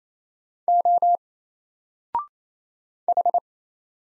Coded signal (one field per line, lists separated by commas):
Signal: Morse code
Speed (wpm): 27 wpm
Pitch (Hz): 700 Hz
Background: none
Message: O H